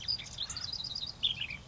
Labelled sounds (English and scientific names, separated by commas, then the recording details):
Ash-throated Flycatcher (Myiarchus cinerascens)
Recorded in Sonoma County, California